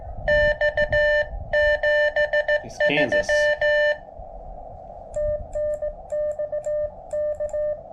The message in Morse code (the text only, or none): X 73 TNX K